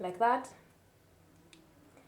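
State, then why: Seated. Someone talks briefly while a replacement wrist strap is inserted into the top port of a Huawei Band 10 fitness band body and pushed in. After a quiet stretch, a single short, faint click at 1.5 s marks the strap's latch engaging. The strap is properly latched and will not pull out without pressing the latch.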